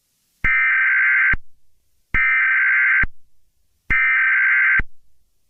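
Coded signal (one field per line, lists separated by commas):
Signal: Emergency Alert System (SAME) tones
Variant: header bursts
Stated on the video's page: Made-up EAS scenario of a London terror attack, created for entertainment, not a real alert.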